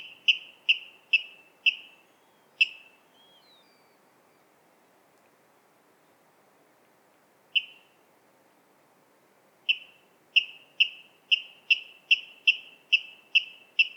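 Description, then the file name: Water rail with a quick burst of kip notes, a long quiet gap with one lone call, then another fast regular series of sharp notes. "Waterral Rallus aquaticus"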